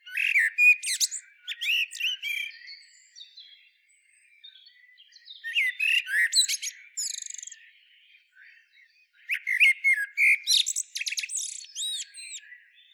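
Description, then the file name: Common blackbird calls: three bouts of harsh chattering and chirping notes, the loudest at the start, separated by quieter scratchy passages. "Turdus merula"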